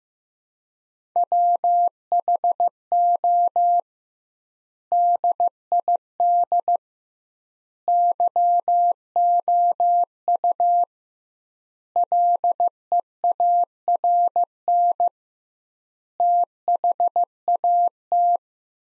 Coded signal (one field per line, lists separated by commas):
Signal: Morse code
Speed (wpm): 15 wpm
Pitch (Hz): 700 Hz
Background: none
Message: WHO DID YOU LEARN THAT